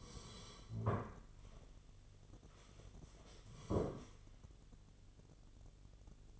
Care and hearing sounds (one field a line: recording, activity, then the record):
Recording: daily activity, microphone in the room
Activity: sit down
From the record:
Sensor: 4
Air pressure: 1016.1 hPa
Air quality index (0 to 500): 196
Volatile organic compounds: 10 ppm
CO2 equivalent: 2242 ppm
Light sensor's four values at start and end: 9/19/8/7 and 9/19/8/7